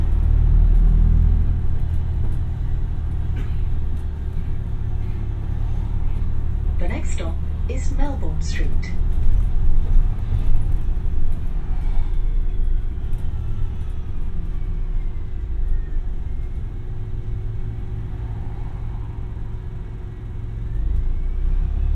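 A bus ride in Brighton, with the engine's deep, steady rumble filling the low end throughout. Around seven to nine seconds a few short bright squeals or chirps cut through, and faint rattles and clicks come and go over the drone.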